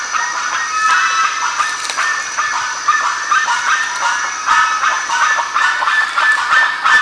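Birds calling as a crowd, raspy harmonic calls blending into a constant din, with a few louder bursts near the end.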